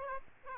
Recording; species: mosquito wingbeat signal from an infrared sensor; Aedes aegypti